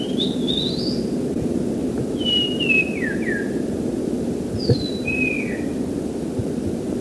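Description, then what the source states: Oriental magpie-robin song of sweet whistles: an upward-sliding phrase, then several falling slurs and a high descending note, over continuous low-pitched noise. Training recording (masteran) used to tutor songbirds.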